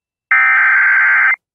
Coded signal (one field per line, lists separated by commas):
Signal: Emergency Alert System (SAME) tones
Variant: header bursts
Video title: A LONG OVERDUE COMPILATION: EAS Alerts From 5/13/24 EAS #708-723